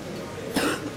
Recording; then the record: coughing mixed with background sound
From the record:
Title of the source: 60 coughing still (deep and wet cough)